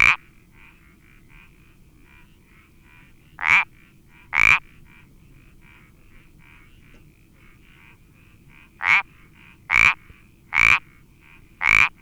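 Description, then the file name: Iberian parsley frog: loud creaking croaks in irregular clusters separated by quiet gaps, with fainter calls in between. "Sapillo Moteado Iberico Pelodytes Ibericus"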